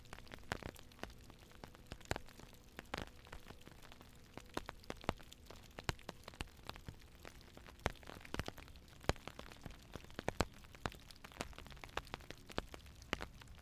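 Raindrops tap on a tin roof in an irregular, fairly dense patter, with sharp bright clicks landing several times a second throughout. A few louder drops stand out now and then. Beneath them runs a soft, steady low hum.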